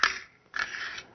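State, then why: Seated. The follower and spring system of a Desert Eagle pistol magazine is pushed into the steel magazine body until the magazine lock plunger snaps into place, with a sharp bright click at 0.0 s. A softer metallic click follows at 0.6 s. The plunger is seated in the correct position and won't come out unless it is depressed again.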